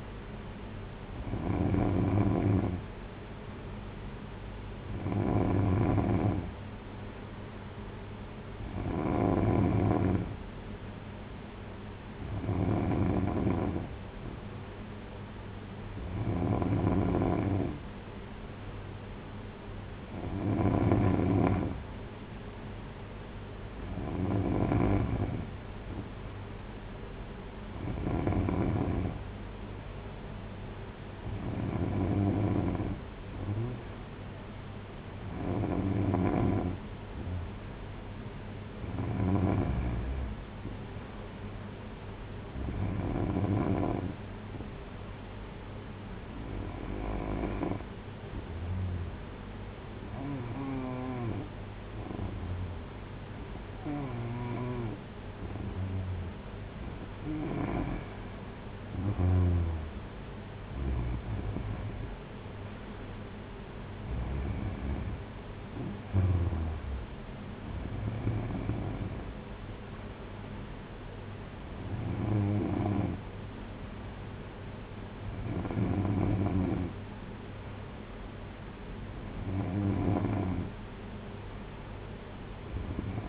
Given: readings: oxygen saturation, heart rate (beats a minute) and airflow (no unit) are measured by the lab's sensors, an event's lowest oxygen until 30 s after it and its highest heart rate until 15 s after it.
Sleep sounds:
breathing in sleep by a voice recorder at the bedside; none
none scored
From the record:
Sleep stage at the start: N3 (deep sleep); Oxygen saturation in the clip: 92 to 94%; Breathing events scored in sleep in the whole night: 226 in 8.8 hours asleep

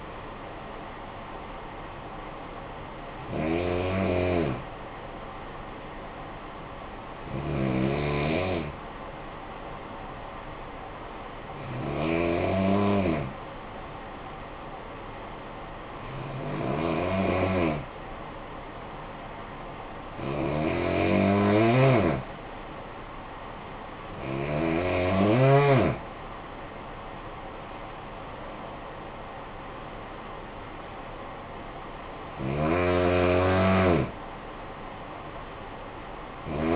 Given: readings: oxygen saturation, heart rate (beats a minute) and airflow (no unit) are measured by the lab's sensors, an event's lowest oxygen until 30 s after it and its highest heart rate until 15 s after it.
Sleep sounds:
breathing in sleep by a voice recorder at the bedside; 1
10.00-28.30 s: hypopnea (N1, oxygen 95% highest, then 90% lowest, heart rate 52 at the start, 68 highest)
From the record:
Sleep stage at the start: N1 (lightest sleep); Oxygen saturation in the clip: 89 to 95%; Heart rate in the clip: 52 to 68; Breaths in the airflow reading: 8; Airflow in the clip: -12.3 to 10.2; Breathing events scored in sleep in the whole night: 445 in 7.6 hours asleep

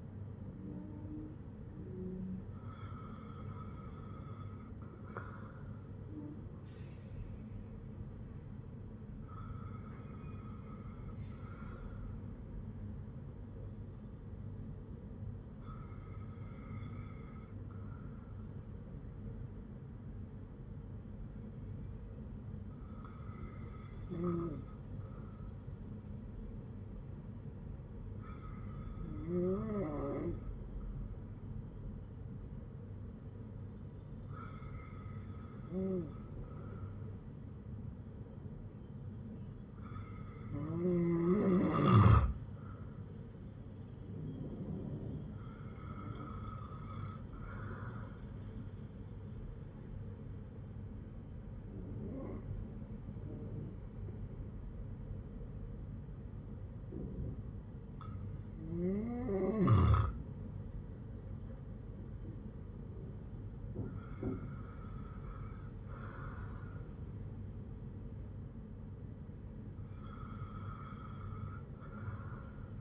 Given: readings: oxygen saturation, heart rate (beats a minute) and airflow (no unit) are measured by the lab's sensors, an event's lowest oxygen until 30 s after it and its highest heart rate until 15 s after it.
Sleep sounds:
breathing in sleep by a smartphone at the bedside; none
none scored
From the record:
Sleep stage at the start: N2 (light sleep); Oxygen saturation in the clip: 94 to 96%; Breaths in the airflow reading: 12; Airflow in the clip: -6.4 to 7.7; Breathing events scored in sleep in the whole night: 182 in 7.4 hours asleep

